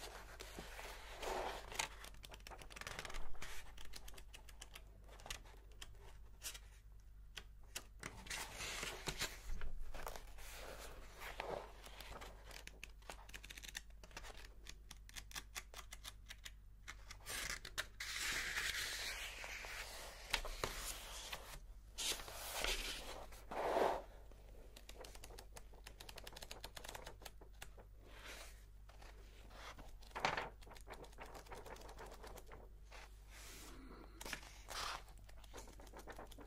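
Rapid typing runs through the whole stretch as dense, irregular clicking. Around the middle a papery rustle of a page turning rises, and a few heavier thumps land near 10, 20 and 23 seconds like a stamp striking a book. A steady low hum sits underneath.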